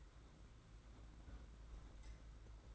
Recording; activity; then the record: daily activity, microphone in the room; close fridge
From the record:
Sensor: 3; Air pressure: 991.9 hPa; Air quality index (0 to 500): 215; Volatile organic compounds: 1000 ppm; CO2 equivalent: 7363 ppm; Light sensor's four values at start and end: 32/95/39/33 and 32/95/39/33